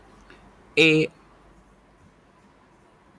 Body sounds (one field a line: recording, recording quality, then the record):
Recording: sustained vowel as in made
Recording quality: excellent, no background noise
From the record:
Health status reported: healthy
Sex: male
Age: 19 years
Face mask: not worn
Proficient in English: yes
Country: India